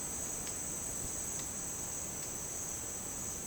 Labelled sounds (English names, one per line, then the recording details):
none
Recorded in secondary vegetation near Puerto Asís, Putumayo, Colombia, on 29 June 2025 at 10:00
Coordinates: 0.484, -76.319
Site G074